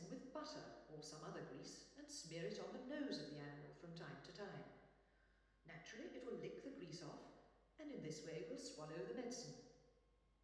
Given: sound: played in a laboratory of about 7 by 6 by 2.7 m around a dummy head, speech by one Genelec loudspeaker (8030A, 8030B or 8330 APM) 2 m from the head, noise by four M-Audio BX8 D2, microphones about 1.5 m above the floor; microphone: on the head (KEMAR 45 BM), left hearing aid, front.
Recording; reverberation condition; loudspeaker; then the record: female speech in English; high; 60 degrees to the left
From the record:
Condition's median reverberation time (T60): about 1300 ms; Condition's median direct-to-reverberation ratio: about -4.0 dB